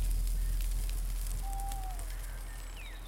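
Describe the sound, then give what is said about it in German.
A campfire at an evening rest stop crackles steadily with scattered sharp pops over a low, rumbling roar, and a few faint high whistling tones drift through the hiss of the flames. “Die Wärme des Lagerfeuers war wohltuend und so schlief er rasch ein.”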